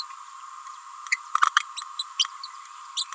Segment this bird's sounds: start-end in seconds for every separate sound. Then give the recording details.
1.11-1.17, 1.99-2.04, 2.19-2.28, 2.43-2.47, 2.96-3.06. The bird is a female. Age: 29 days. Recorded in a nest box in Venezuela. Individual 17B31A3